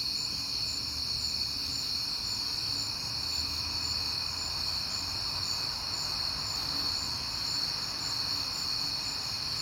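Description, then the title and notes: Crickets trilling steadily at high pitch while a broad wash of passing traffic swells in the middle range. Crickets heard often in September; at night on a peaceful night, with cars passing. "Night Time: Crickets and Passing Cars. It is September and I have been hearing the crickets a lot, but finally had a peaceful night to make the recording"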